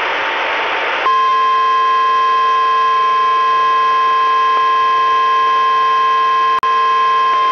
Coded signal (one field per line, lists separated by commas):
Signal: Emergency Alert System (SAME) tones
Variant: 1050 Hz attention tone